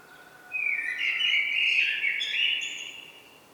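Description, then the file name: Common blackbird singing one long fluted, warbling phrase lasting over two seconds, with thin high twittery notes above it. "Turdus merula"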